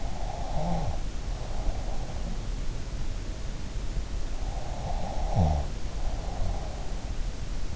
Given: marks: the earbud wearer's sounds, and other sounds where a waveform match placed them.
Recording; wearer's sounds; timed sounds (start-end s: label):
sounds in sleep by an in-ear microphone; breath, snoring breath
0.00-2.30 s: breath
4.67-6.74 s: snoring breath